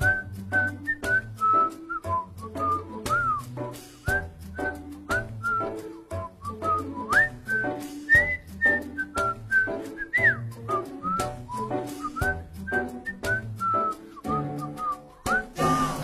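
A bright whistled melody carries a bouncy tune over a steady band accompaniment with bass and a regular beat, the whistle sliding between notes and holding a few longer tones.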